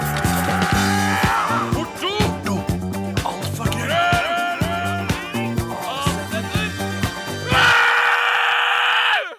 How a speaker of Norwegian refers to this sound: Det var altså jinglen, den usensurerte jinglen som vi liker å spille, for vi kan det her i radioresepsjonen. Vi har lov til det, og vi har fått dispensasjon til det.